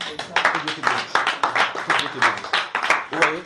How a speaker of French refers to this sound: Applaudissez pour la sœur là.